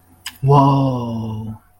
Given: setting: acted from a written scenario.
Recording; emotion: vocal sound without words; awe